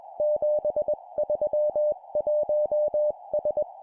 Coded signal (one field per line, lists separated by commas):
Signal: Morse code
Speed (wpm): 21 wpm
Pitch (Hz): 600 Hz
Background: none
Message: 731S